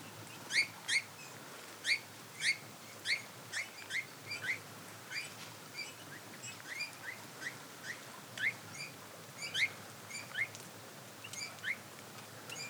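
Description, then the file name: Bird calls, quick upward-sweeping chirps repeated irregularly about twice a second throughout, with faint higher notes and constant background hiss. "XENO CANTO"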